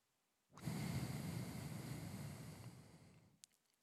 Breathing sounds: one breath near a microphone; exhalation

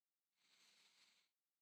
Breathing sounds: one breath near a microphone; inhalation

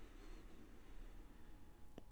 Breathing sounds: one breath near a microphone; inhalation

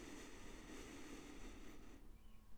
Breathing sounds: one breath near a microphone; inhalation

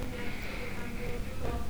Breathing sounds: one breath near a microphone; inhalation

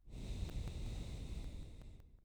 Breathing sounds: one breath near a microphone; exhalation

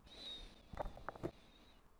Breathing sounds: one breath near a microphone; inhalation

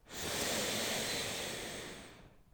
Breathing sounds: one breath near a microphone; inhalation

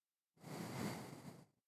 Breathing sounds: one breath near a microphone; exhalation

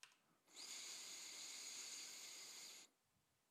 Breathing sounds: one breath near a microphone; inhalation

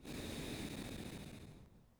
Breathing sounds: one breath near a microphone; exhalation

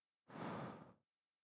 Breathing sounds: one breath near a microphone; exhalation

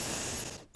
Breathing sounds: one breath near a microphone; exhalation

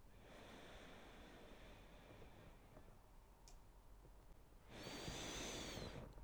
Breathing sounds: one breath near a microphone; inhalation

